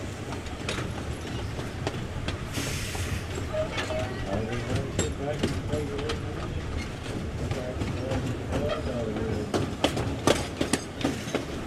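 A steam train rolls along with a dense, steady rumble, while sharp clicks and clanks from the wheels and cars come every second or so. Faint voices drift in and out underneath, and a brief hiss of steam rises near the three-second mark.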